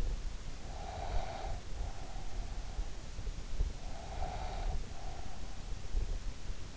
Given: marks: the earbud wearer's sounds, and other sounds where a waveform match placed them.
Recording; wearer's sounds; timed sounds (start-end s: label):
sounds in sleep by an in-ear microphone; breath
0.61-2.74 s: breath
3.78-6.39 s: breath